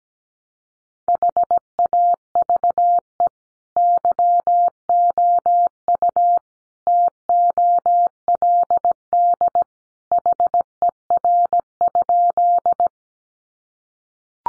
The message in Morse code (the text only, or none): HAVE YOU TOLD HER?